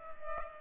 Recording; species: mosquito wingbeat signal from an infrared sensor; Culex pipiens